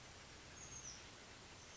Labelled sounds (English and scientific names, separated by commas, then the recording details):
Oak Titmouse (Baeolophus inornatus)
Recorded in Sonoma County, California